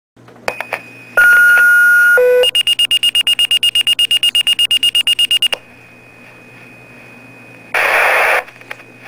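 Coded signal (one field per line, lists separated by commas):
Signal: two-tone page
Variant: fire pager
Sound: one long steady tone, a short lower tone, then about 22 fast high alert beeps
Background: radio static burst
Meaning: A fire department dispatch is alerting this pager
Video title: Fire pager going off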